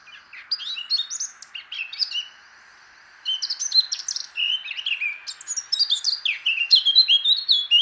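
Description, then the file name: Eurasian blackcap song, a rich chattering warble of varied notes. A brief pause near three seconds comes before a longer, louder run of fluty, slurred phrases. Faint hiss underneath. "Sylvia atricapilla"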